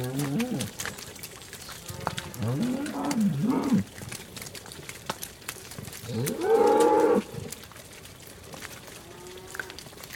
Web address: BBC Cattle. walking down muddy lane lots of moos close perspective